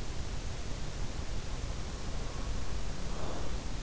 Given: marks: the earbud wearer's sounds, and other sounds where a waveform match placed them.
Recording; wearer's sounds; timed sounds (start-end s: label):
sounds in sleep by an in-ear microphone; breath
2.75-3.81 s: breath